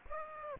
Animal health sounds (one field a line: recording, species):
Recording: mosquito wingbeat signal from an infrared sensor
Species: Aedes aegypti